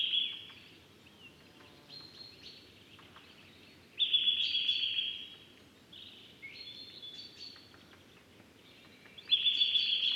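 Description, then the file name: Eurasian nuthatch trilling in quick rattling series, loud bursts at the start, middle and end, softer trilled fragments in between over low background noise. "Sitta europaea"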